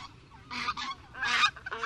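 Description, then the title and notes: Greater White-fronted Goose hoots, a few quick, harsh, laughing notes in short bursts. Lilting hoots that inspired the nickname Laughing Goose. "The hoots of the Greater White-fronted Goose inspired a nickname, the “Laughing Goose.”"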